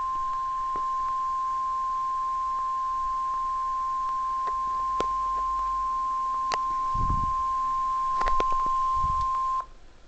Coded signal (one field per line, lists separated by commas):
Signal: Emergency Alert System (SAME) tones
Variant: 1050 Hz attention tone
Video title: EAS #7 Required Weekly Test for KIH-28 Philadelphia, PA.